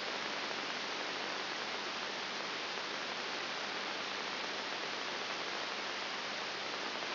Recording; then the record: brain microelectrode recording played as sound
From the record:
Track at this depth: outside the subthalamic nucleus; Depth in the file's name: 7.5 mm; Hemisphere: right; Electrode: 3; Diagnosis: Parkinson's disease